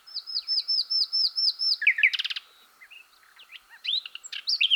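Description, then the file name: Common nightingale song opening with a series of repeated whistled notes, then a dry rattling burst and scattered varied chirps. "Luscinia megarhynchos"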